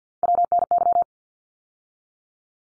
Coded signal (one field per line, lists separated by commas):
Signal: Morse code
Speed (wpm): 50 wpm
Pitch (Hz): 700 Hz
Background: none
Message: WNY